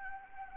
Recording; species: mosquito wingbeat signal from an infrared sensor; Anopheles arabiensis